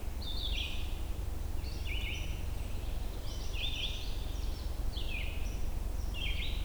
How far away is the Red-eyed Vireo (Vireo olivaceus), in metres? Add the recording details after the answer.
about 35 m. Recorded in boreal forest in Alberta, Canada, on 22 June 2016 at 08:30. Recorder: SongMeter 3, array SBT-6-76. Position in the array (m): 182 m, 86 m